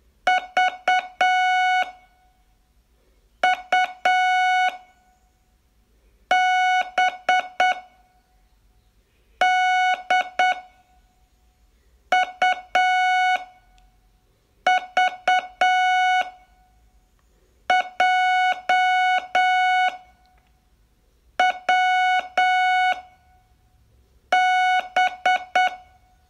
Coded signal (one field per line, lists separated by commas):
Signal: Morse code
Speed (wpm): 8 wpm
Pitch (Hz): 740 Hz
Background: none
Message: V U B D U V J W B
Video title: Learn Morse in 42 Days from VU2LAU - day18